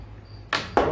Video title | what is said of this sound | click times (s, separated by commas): Ryobi Hybrid L.E.D. stand light Test and Review | it up it locks in place | 0.5 s, 0.8 s